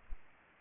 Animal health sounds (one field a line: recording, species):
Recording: mosquito wingbeat signal from an infrared sensor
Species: Aedes aegypti